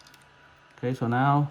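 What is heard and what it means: A gimbal flex cable connector is handled over its board socket on a DJI Mini 2 drone during a gimbal repair, with faint ticking and handling noise before someone talks from about 0.8 s. Nothing has seated or clicked yet.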